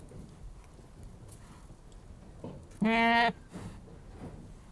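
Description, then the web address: Goat bleating once, a short harmonic, nasal cry about half a second long, amid quiet rustling and faint background noise. "The BBC Sound Effects Library. Anglo-Nubian Goat Bleating"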